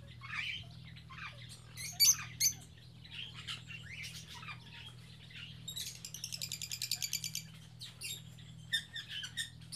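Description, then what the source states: Birds giving scattered squeaky chirps and a few sharp squawks, then a rapid buzzy rattle, all over a persistent low hum. Captive birds in an aviary on Spetses.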